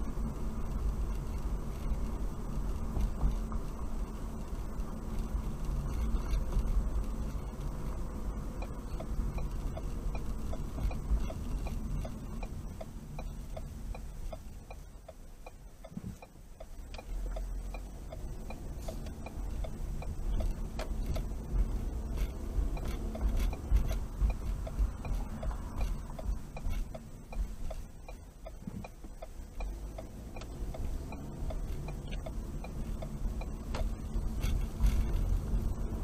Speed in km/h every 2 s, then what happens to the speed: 40, 39, 39, 39, 35, 31, 21, 8, 6, 13, 19, 26, 24, 13, 6, 15, 16, 23.
0-9 steady at about 39. 9-15 brakes to 6. 15-22 speeds up to 26. 22-27 brakes to 6. 27-36 speeds up to 23.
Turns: 15-21, 28-33.